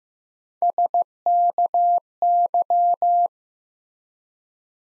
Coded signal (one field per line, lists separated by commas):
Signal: Morse code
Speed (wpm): 15 wpm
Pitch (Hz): 700 Hz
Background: none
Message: SKY